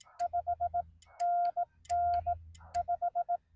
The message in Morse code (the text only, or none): 5NN 5